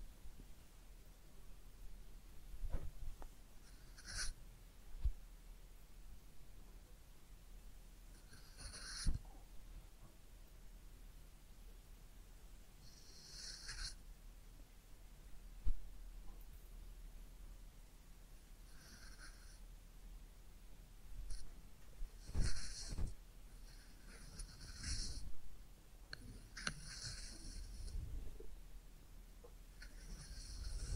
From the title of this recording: Real Head Massage and Ear Cleaning